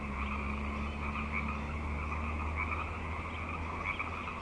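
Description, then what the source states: Frog chorus, dense and continuous overlapping croaking, over a steady low hum. Frog chorus on Grafton Lake, recorded 3 May 2009.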